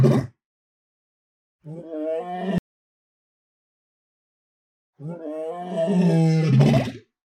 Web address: lion moan flutter